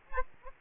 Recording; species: mosquito wingbeat signal from an infrared sensor; Aedes aegypti